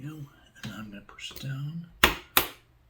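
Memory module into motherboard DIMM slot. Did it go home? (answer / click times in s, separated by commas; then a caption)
yes / 2.0 s, 2.4 s. Someone talks while a memory stick is pushed down into a motherboard DIMM slot. Two sharp clicks follow at 2.0 s and 2.4 s as both retention latches snap shut, and the module is seated.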